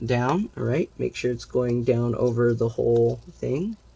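Someone talks while handling the LCD cable connector of a Dell Inspiron 15 5567 laptop at its motherboard socket, pressing the metal locking tab down over the connector. Nothing has seated or clicked yet.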